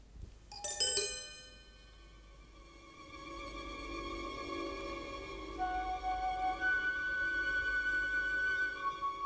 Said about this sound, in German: Sie möchten die Klingel an Ihrer Schreibmaschine abstellen. Es macht mich nervös, dieses ewige Geklingel.